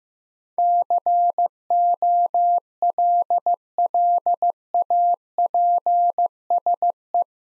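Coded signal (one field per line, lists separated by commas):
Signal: Morse code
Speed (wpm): 16 wpm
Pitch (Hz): 700 Hz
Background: none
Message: COLLAPSE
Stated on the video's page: Morse code practice of eight-letter words at 15 wpm for head-copy, each word sent, then spoken, then sent again.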